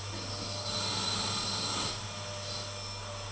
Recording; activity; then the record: daily activity, microphone in the room; vacuum cleaning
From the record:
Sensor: 4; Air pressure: 992.6 hPa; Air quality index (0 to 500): 146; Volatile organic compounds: 94 ppm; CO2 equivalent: 3712 ppm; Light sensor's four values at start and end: 17/58/22/22 and 18/60/22/23